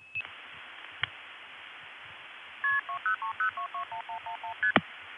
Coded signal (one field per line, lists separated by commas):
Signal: multi-frequency trunk signalling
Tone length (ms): 100 ms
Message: KP2030221111ST